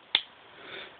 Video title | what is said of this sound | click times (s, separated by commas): GLOCK Slide Detail Strip & Take Down. How To Take Apart A GLOCK Slide. | as you can and then press on the slide at the same time and then you're gonna hear click | 0.1 s